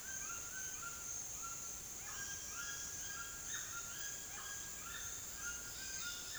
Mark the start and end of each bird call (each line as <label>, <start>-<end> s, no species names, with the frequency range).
bird call (0.6-4.3 kHz), 0.00-6.38 s